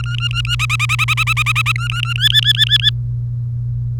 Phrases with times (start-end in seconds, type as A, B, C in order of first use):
0.04-0.55 A, 0.59-1.72 B, 1.76-2.13 A, 2.15-2.90 C